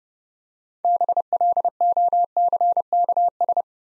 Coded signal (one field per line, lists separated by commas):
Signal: Morse code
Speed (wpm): 30 wpm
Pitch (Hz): 700 Hz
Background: none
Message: BLOCKS